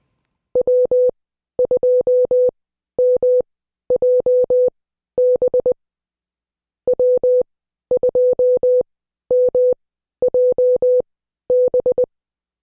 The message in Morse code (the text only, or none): W2MJB W2MJB